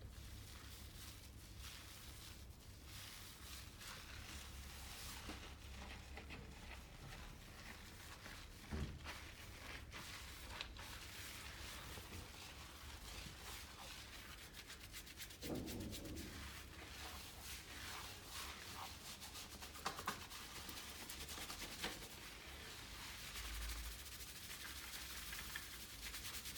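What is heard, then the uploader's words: Barbering sounds of a beard cut and massage: a dense, steady scratching and rubbing texture runs throughout with little change in level. Brief louder knocks or bumps stand out near 9, 15 and 20 seconds, over a low rumble underneath. Men's shave & Turkish massage.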